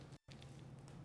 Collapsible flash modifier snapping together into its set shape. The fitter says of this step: So for MagMod, this is literally just pushing down and it snaps into place.